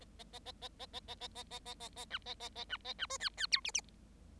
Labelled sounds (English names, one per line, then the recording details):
Bengalese Finch song
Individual Bird7